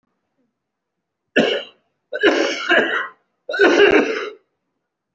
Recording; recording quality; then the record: shallow voluntary cough; excellent, no background noise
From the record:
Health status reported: respiratory illness, not identified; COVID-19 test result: not tested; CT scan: not taken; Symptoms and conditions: cough, cold, breathing difficulty, another respiratory illness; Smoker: yes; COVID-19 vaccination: both doses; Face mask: worn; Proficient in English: no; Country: India